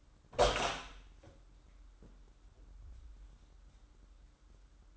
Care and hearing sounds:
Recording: daily activity, microphone in the room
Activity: open door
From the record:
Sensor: 3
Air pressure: 994.3 hPa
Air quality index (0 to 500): 203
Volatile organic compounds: 1000 ppm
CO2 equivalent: 6802 ppm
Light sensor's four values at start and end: 120/284/117/111 and 121/286/118/112

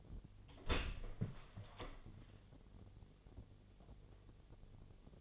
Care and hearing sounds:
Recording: daily activity, microphone in the room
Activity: open door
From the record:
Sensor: 4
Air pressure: 1007.9 hPa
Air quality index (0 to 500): 180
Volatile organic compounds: 5 ppm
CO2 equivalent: 1804 ppm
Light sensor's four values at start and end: 23/73/28/27 and 23/72/27/26

